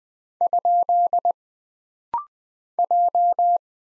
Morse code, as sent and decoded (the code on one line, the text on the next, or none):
..--.. / .---
? J